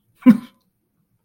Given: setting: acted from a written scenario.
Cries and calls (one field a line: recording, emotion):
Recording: vocal sound without words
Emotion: amusement